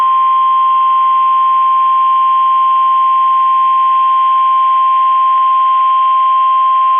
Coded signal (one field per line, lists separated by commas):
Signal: Emergency Alert System (SAME) tones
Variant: 1050 Hz attention tone